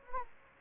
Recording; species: mosquito wingbeat signal from an infrared sensor; Anopheles gambiae